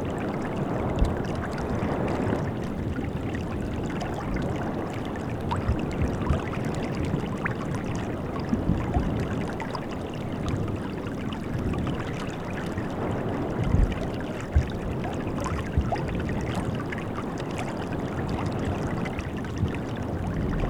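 Ice and sleet move on a river in a dense, steady churn of low and middle sound, like water slushing past. Small sharp ticks and clinks of ice break through constantly, with a few brighter knocks scattered throughout, and no other sounds.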